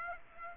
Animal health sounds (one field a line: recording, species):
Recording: mosquito wingbeat signal from an infrared sensor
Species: Aedes aegypti